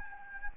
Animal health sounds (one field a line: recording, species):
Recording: mosquito wingbeat signal from an infrared sensor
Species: Anopheles gambiae